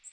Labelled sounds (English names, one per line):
Magnolia Warbler flight call